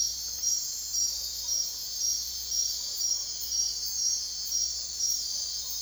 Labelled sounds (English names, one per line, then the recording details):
none
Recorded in secondary vegetation near Puerto Asís, Putumayo, Colombia, on 22 June 2025 at 03:00
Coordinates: 0.498, -76.327
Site GP09